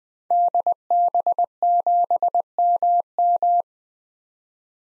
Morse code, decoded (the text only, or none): DB7MM